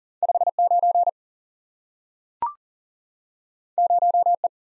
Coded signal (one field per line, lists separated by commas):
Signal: Morse code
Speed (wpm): 40 wpm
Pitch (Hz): 700 Hz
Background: none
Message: 59 0E